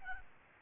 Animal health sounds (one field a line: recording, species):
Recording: mosquito wingbeat signal from an infrared sensor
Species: Aedes albopictus